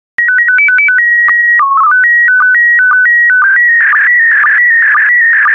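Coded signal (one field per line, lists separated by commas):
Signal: SSTV (slow-scan television)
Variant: PD 120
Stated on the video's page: Computer-generated daily SSTV practice transmission in PD120 mode.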